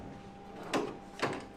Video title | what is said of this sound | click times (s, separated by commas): we bought a $60,000 3d printer... and it broke. | lock into place plug this in so it knows that it's here | 0.7 s, 1.2 s